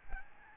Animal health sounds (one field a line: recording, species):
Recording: mosquito wingbeat signal from an infrared sensor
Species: Aedes albopictus